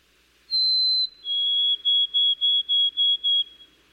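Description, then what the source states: White-throated Sparrow song: a long pure high whistle, then a slightly lower whistle followed by six short even notes. Song shortened in many areas within just a few decades.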